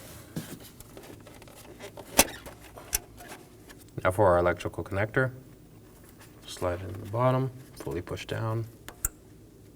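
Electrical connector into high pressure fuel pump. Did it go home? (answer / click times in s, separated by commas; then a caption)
yes / 9.1 s. An electrical connector is slid fully onto the bottom of the high pressure fuel pump on a 2018–2024 Chevrolet Equinox 1.5L L4 and pushed down, with a few faint handling ticks and someone talking. A sharp click at 9.1 s, just after a softer tick at 8.9 s, marks the connector latching, and it is seated.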